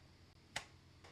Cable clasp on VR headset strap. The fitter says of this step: it's got that with a kind of locking mechanism if you can hear that